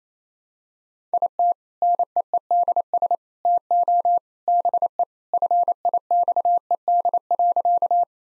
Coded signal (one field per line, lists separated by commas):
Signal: Morse code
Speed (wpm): 28 wpm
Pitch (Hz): 700 Hz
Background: none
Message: IT NEEDS TO BE FIXED.